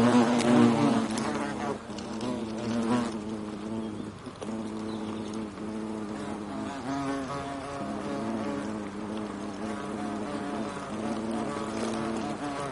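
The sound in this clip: European hornet wing buzz, a steady low droning hum with layered harmonics that waver slightly in pitch, continuing throughout with small swells and dips.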